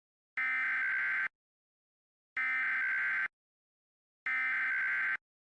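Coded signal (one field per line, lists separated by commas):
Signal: Emergency Alert System (SAME) tones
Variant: header bursts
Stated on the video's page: Mock EAS alert for a fictional roach invasion.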